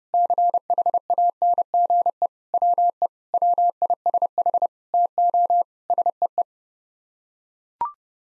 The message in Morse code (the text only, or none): CHANGE WE WISH TO SEE